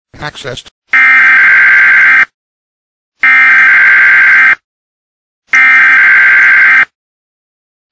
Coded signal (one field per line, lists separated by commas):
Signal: Emergency Alert System (SAME) tones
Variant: header bursts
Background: speech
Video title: microsoft sam reads funny errors gets interupted by EAS